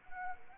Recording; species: mosquito wingbeat signal from an infrared sensor; Anopheles arabiensis